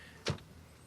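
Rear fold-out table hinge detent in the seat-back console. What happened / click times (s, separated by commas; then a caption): The fold-out table clicked into a detent stage / 0.3 s. In a Mercedes-Benz GLS600 Maybach, the rear-seat fold-out aluminium table is moved through its positions with damped motion, and its hinge detent in the seat-back console gives one sharp click at 0.3 s. The click sounds against a quiet background as the table seats into a detent stage.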